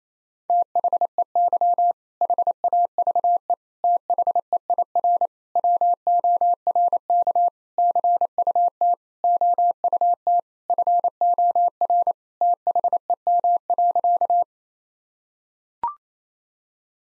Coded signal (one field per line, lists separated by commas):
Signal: Morse code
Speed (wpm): 27 wpm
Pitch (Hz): 700 Hz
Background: none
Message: THEY HAVE THEIR WORK CUT OUT FOR THEM.